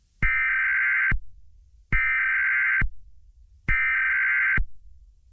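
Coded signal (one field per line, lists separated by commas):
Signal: Emergency Alert System (SAME) tones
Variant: header bursts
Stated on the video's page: Self-made fictional EAS scenario about a virus.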